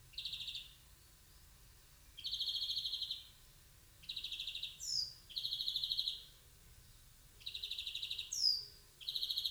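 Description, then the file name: European greenfinch giving repeated rapid trilled call bursts, mixed with short, bright sweeping notes; faint low background hum. "Chloris chloris"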